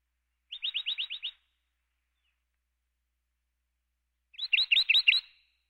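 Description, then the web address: Plain titmouse calls: two bursts of quick, evenly spaced notes, about six in a row, separated by a few seconds of quiet. "plain titmice"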